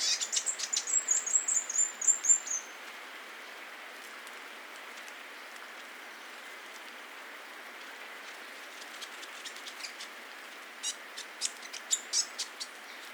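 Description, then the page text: Grey fantail opens with a fast squeaky twitter of high chips, falls silent over hiss, then resumes with a brief series of sharp chips. "Rob van Bemmelen - Серая веерохвостка (Rhipidura fuliginosa)"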